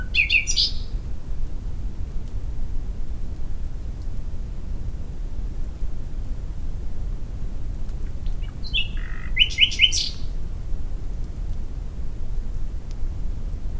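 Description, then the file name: Common nightingale giving short bursts of sharp, varied notes separated by a long silent gap, with quiet low rumble throughout. "Luscinia megarhynchos"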